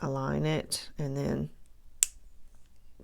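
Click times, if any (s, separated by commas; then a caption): 2.0 s. An ink cartridge is lined up on a fountain pen grip section and pressed firmly until the nipple pierces the cartridge end, seating onto the feed. Someone talks first, then a single sharp click sounds at 2.0 s, and the cartridge is seated.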